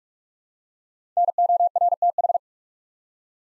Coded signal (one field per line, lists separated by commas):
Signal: Morse code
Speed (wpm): 44 wpm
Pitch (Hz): 700 Hz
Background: none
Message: NORTH